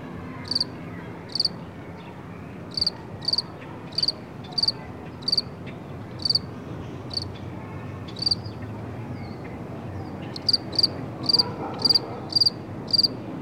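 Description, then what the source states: Cricket chirping in short high pulsed bursts, irregular at first then quicker and steadier toward the end, over a constant low rumble of traffic. Outdoors, with traffic in the background.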